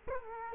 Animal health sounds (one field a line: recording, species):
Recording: mosquito wingbeat signal from an infrared sensor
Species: Culex quinquefasciatus